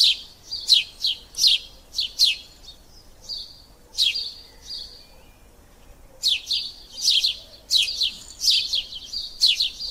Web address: myna sound